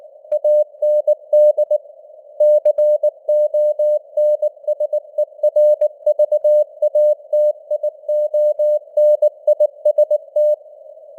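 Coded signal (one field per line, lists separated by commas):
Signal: Morse code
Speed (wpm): 19 wpm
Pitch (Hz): 600 Hz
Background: none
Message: AND CONSERVATIONIST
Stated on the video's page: Morse news headlines at 19 wpm with simulated radio noise and varying signal strength (QSB).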